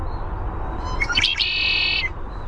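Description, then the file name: Red-winged blackbird song: a few sharp introductory clicks and whistles, then a sustained buzzy, harmonically rich trill lasting about half a second. Contact song of the "cheer" type. "RWBL cheer contact song"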